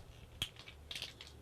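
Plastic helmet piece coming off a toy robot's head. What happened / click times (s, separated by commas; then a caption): The plastic piece popped off / 0.4 s. A small plastic helmet piece is worked off the head of a transforming robot toy and pops free with a sharp plastic click at 0.4 s. Quieter plastic handling clicks and rustles follow around 0.6, 0.9 and 1.2 s, and the helmet ends up released.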